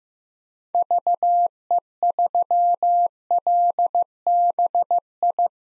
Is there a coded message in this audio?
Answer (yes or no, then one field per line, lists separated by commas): yes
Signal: Morse code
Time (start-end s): 0.7-5.5 s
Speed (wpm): 15 wpm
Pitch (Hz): 700 Hz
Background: none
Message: VE3LBI